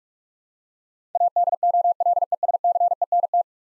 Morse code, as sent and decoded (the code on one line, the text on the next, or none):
.- -.. --- .-.. . ... -.-. . -. -
ADOLESCENT